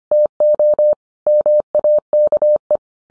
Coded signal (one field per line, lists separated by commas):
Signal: Morse code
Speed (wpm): 25 wpm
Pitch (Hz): 600 Hz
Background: none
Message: TO MAKE